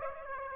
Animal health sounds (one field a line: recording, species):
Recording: mosquito wingbeat signal from an infrared sensor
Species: Aedes aegypti